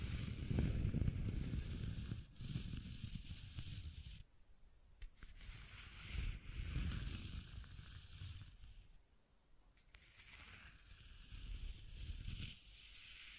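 Scratching and tracing sounds come in long, rough strokes, each a dense scrape with a low rumbling body and a hissy top. The strokes are irregular, with quieter pauses around four to five seconds and again near nine seconds before the rubbing resumes.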